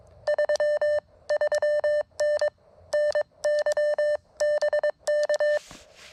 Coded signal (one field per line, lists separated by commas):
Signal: Morse code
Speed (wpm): 22 wpm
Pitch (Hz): 590 Hz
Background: none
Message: 33N NY BK